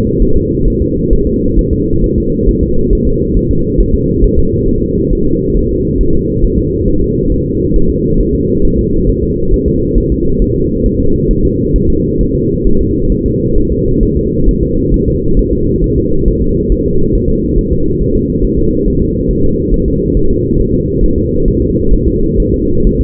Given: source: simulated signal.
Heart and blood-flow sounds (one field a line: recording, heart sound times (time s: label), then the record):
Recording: fetal heart sounds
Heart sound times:
0.22 s: S1
0.36 s: S2
0.68 s: S1
0.82 s: S2
1.13 s: S1
1.27 s: S2
1.59 s: S1
1.73 s: S2
2.04 s: S1
2.18 s: S2
2.49 s: S1
2.63 s: S2
2.93 s: S1
3.07 s: S2
3.37 s: S1
3.51 s: S2
3.80 s: S1
3.94 s: S2
4.24 s: S1
4.38 s: S2
4.68 s: S1
4.83 s: S2
5.13 s: S1
5.27 s: S2
5.57 s: S1
5.71 s: S2
6.01 s: S1
6.15 s: S2
6.44 s: S1
6.58 s: S2
6.88 s: S1
7.02 s: S2
7.32 s: S1
7.46 s: S2
7.76 s: S1
7.90 s: S2
8.21 s: S1
8.35 s: S2
8.65 s: S1
8.79 s: S2
9.09 s: S1
9.23 s: S2
9.54 s: S1
9.68 s: S2
9.98 s: S1
10.12 s: S2
10.42 s: S1
10.56 s: S2
10.86 s: S1
11.00 s: S2
11.31 s: S1
11.45 s: S2
11.76 s: S1
11.90 s: S2
12.21 s: S1
12.35 s: S2
12.66 s: S1
12.81 s: S2
13.12 s: S1
13.26 s: S2
13.58 s: S1
13.72 s: S2
14.03 s: S1
14.17 s: S2
14.48 s: S1
14.63 s: S2
14.94 s: S1
15.08 s: S2
15.39 s: S1
15.53 s: S2
15.84 s: S1
15.98 s: S2
16.28 s: S1
16.42 s: S2
16.72 s: S1
16.86 s: S2
17.15 s: S1
17.29 s: S2
17.58 s: S1
17.72 s: S2
18.01 s: S1
18.15 s: S2
18.45 s: S1
18.58 s: S2
18.88 s: S1
19.02 s: S2
19.31 s: S1
19.45 s: S2
19.74 s: S1
19.88 s: S2
20.17 s: S1
20.31 s: S2
20.60 s: S1
20.74 s: S2
21.04 s: S1
21.18 s: S2
21.48 s: S1
21.62 s: S2
21.93 s: S1
22.08 s: S2
22.40 s: S1
22.54 s: S2
22.87 s: S1
23.01 s: S2
From the record:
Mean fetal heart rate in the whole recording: 135 bpm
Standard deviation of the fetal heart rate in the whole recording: 3 bpm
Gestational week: 36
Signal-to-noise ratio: -16.4 dB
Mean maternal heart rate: 72 bpm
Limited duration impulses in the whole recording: present